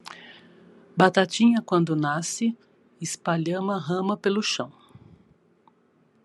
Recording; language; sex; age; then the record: short text; Brazilian Portuguese; female; 50 to 59 years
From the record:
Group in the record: control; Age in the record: 58 years